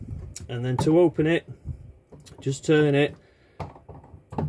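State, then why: Released. Someone talks while turning the plastic drain valve on the fresh water tank of a 2017 Carado T448 motorhome to open it, with soft handling sounds. An audible detent click comes at 4.4 s, showing the valve has clicked open to the position that drains the water down to 20 liters in the tank so weights can be calculated more accurately.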